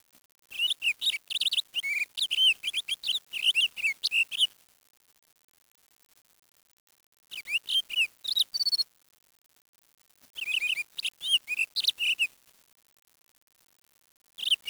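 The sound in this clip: Bird calls in several bursts of rapid, high twittering chirps separated by silent gaps.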